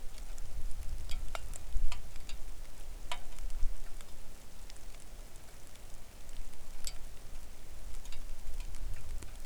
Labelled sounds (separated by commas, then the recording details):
wind, rain
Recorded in the Arctic National Wildlife Refuge, Alaska, on 3 August 2019 at 09:37
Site 41